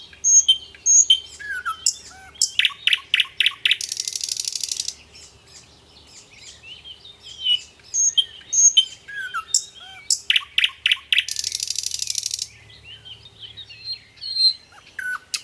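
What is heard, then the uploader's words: A nightingale sings in a repeating phrase of whistles, rapid clicking notes and a bright buzzing trill, twice, over faint low hum. Singing nightingale. Morning.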